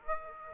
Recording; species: mosquito wingbeat signal from an infrared sensor; Aedes aegypti